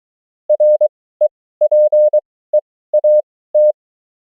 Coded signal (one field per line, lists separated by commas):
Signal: Morse code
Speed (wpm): 23 wpm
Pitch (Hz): 600 Hz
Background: none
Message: REPEAT